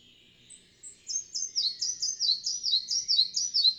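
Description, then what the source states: Red-breasted flycatcher song: a few high notes, then a quick, steady run of ringing two-part phrases, each slightly falling in pitch. Bavarian Forest, Germany, 31 May 2015.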